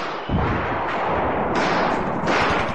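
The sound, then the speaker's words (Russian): Rifle gunfire from trenches at night crackles in a dense, roaring stream, with bullets whistling and whining, and four heavier bursts of shots surging in at irregular intervals over a constant loud wash of noise. No voices are heard. “Но уже из окопов слышится противное харканье выстрелов, и пули свистят, ноют, визжат.”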